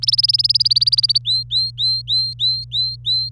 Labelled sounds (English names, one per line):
Domestic Canary song